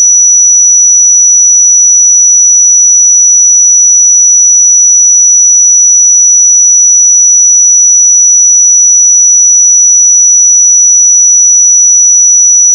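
A pure sine tone at 5894 Hz holds perfectly steady for the whole clip, a single thin, bright whistle with no wavering in pitch or loudness. Nothing else sounds around it; the background is completely silent.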